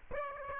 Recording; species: mosquito wingbeat signal from an infrared sensor; Aedes aegypti